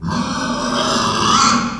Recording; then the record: squeal of a Yucatan mini pig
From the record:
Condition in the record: after surgery on the right vocal fold (resection and tissue-engineered implant); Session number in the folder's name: 16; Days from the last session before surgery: 183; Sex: female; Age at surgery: 19 weeks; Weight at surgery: 25 kg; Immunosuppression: prednisolone